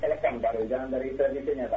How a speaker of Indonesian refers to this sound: Oh iya. Baik. Dikecilkan dulu suara televisinya, Pak. Iya. Dikecilkan dulu suara televisinya, Pak.